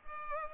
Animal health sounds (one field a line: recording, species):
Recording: mosquito wingbeat signal from an infrared sensor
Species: Culex pipiens